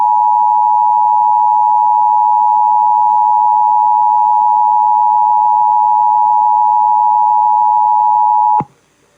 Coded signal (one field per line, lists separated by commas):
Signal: Emergency Alert System (SAME) tones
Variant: 853 and 960 Hz attention tone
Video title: IPAWS Weekly Test (7/26/21)(EAS 814)